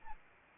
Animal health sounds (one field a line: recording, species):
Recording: mosquito wingbeat signal from an infrared sensor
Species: Anopheles arabiensis